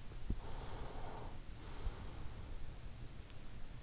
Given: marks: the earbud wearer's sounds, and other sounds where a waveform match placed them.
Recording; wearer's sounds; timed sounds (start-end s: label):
sounds in sleep by an in-ear microphone; breath
0.22-2.77 s: breath